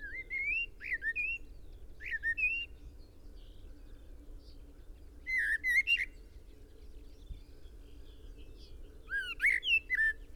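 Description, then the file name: Common blackbird uttering scattered squeaky, upslurred chirps in small bursts, separated by pauses, against a faint constant background hum. "Turdus merula"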